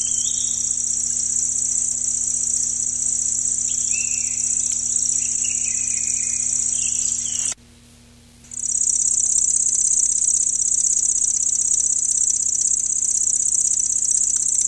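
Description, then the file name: Lanceolated warbler, a sustained very high insect-like reel with one short gap, while faint scattered chirps sound underneath. "Llanciolata"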